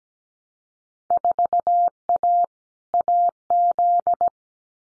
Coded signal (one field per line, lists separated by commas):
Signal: Morse code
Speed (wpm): 17 wpm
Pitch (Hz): 700 Hz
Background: none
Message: 4A AZ